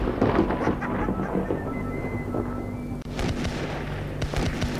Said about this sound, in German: Wir kamen nicht weiter, hörten wir Schüsse aus der Nähe.